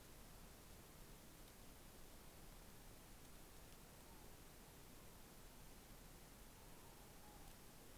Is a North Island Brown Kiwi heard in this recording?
no